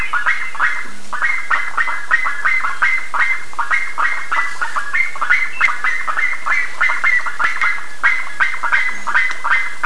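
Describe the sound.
Bird calls, a dense stream of short harsh notes overlapping rapidly, several per second, as from many birds calling together throughout.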